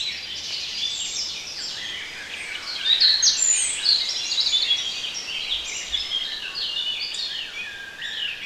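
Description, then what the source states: Birds in chorus, continuous high twittering over a steady background hiss. Bird sounds intended for relaxation.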